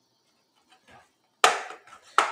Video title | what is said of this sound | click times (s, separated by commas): Lenovo Ideapad 110-15ISK RAM Upgrade | you'll hear the popping as it pops out | 1.4 s, 2.2 s